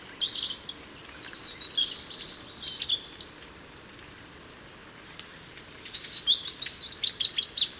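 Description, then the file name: European robin song in high, thin warbling phrases separated by short pauses, ending in a quick series of sharp repeated notes. "Erithacus rubecula"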